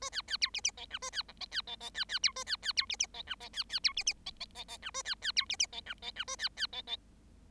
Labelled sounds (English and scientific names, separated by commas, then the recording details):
Bengalese Finch (Lonchura striata domestica) song
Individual Bird7